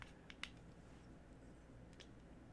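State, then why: Not seated. A USB-C charging plug is pushed against the charging port of a Vandy Vape Jackaroo Dual vape mod, which does not take USB-C, so the plug does not go in. Short, sharp plastic taps are heard at about 0.0, 0.3 and 0.4 s, followed by fainter scrapes near 1.9 and 2.0 s over a low steady hum. Nothing has seated or clicked.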